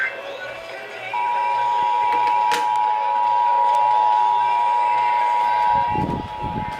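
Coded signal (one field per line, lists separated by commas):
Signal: Emergency Alert System (SAME) tones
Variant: 853 and 960 Hz attention tone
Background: speech, music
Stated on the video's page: Required monthly test relayed by a radio station in Virginia.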